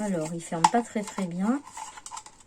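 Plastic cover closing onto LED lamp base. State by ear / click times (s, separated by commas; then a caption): not seated / none. A plastic cover is being handled onto the base of an LED lamp while someone talks. Light plastic handling sounds and small taps are heard, including a brief sharp tap around 2.1 s. The cover has not seated or clicked shut yet.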